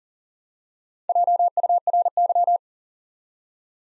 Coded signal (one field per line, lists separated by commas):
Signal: Morse code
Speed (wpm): 41 wpm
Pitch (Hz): 700 Hz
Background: none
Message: JURY